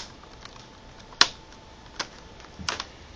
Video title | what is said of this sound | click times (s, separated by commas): Screen replacement for Dell Inspiron 1545 | you just hear the clicking sound it snaps | 1.2 s